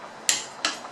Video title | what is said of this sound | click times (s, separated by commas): Ouch!!! Tricky cassette set mounting (Shimano CS-HG800/700-11, 11-34T) | that's the click that indicates you're done | 0.3 s